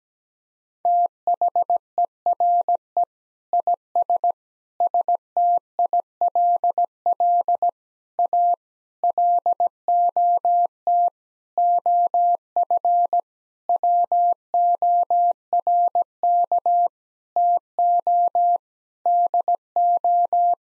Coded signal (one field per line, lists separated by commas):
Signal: Morse code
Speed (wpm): 17 wpm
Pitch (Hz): 700 Hz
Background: none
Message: THERE IS STILL A LOT OF WORK TO DO